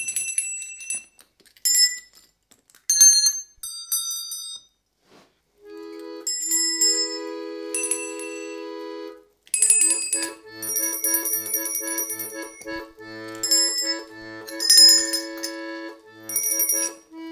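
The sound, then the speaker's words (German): Bright, high-pitched bells chime a simple melody, starting with a few scattered strikes, then settling into sustained, ringing notes that overlap and fade one into the next. No voices are heard. “Das Lied hat was mit Glocken zu tun.”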